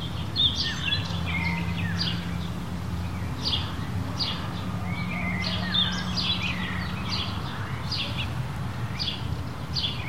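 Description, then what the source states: Birds calling: scattered short chirps and sharp notes repeated throughout, with a few trilling phrases, over steady low wind rumble and a faint continuous hum. Countryside in Mexico, daytime, windy conditions.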